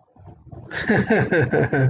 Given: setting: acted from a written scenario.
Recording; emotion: vocal sound without words; contentment